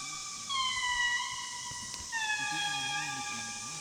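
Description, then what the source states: Indri wailing song: two long, pure, sustained notes, each sliding gently downward in pitch, over a faint low wavering hum. Madagascar.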